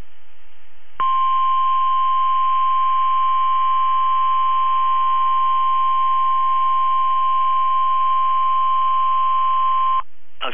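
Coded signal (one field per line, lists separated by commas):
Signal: Emergency Alert System (SAME) tones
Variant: 1050 Hz attention tone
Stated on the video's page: Weather radio hurricane and tropical storm warnings recorded via stream from 162.550 MHz, 1 kW transmitter at Ruskin, Florida.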